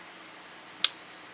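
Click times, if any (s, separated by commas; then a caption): 0.8 s. The steel liner lock of a Smith & Wesson 3.6" Tactical Flipper Knife, sold by Walmart, snaps into place behind the blade as the folding knife is opened again. A single sharp, bright click at 0.9 s stands out against a quiet background and decays quickly. The lock engages and holds the blade open.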